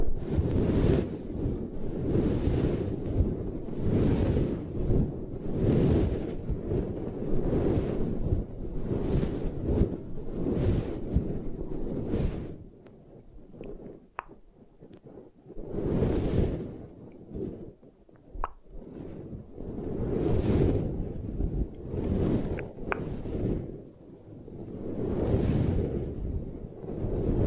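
Eye massage sounds with soft, muffled rubbing strokes that swell and fade in a steady rhythm about once a second, thick and low with brief brighter swishes. Around the middle the rubbing drops away for several seconds, leaving a few light taps and clicks before the strokes resume.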